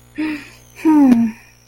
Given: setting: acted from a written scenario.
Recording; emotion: vocal sound without words; sympathy